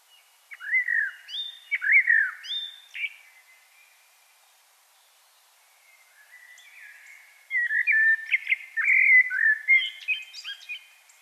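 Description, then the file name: Common blackbird song: two fluted whistled phrases, a quiet gap, then a longer warbled phrase with rising, squeaky high notes. "Turdus merula"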